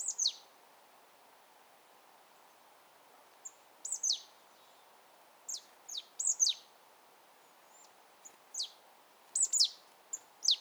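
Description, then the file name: Marsh tit calls: repeated thin, high notes that drop sharply in pitch, given singly or in quick pairs throughout. "Poecile palustris"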